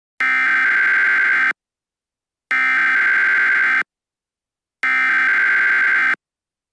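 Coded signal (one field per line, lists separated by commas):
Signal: Emergency Alert System (SAME) tones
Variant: header bursts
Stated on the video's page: Fictional EAS scenario.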